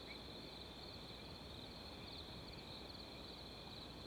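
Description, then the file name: Crickets trilling steadily without a break under a constant rush of wind. Wind in background. "Ambience Wind With Crickets 01"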